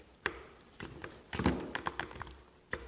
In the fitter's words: and we'll just go ahead and push it in and you'll hear it click there